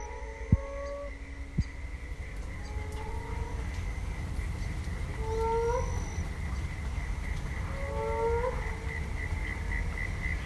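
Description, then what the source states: Moaning frog chorus, many low drawn-out moans, each sliding slightly upward, scattered and overlapping, with a constant high-pitched drone and low rumbling noise beneath. Autumn dusk at a lake in suburban Perth; about 20 or 30 males calling from the mouths of their burrows; apparently quite territorial.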